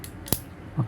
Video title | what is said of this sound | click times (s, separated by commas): TUGAS1 JARINGAN KOMPUTER - UNIVERSITAS TERBUKA | sudah bunyi klik | 0.3 s